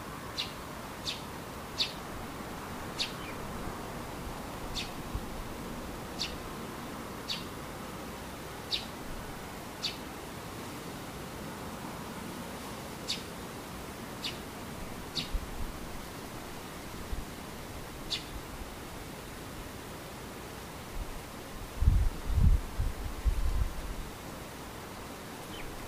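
A bird calls in short, sharp, high chirps, repeated every second or so through the first eighteen seconds, then falling quiet. A soft steady rustling hiss fills the background, and low thumping knocks sound around twenty-two seconds.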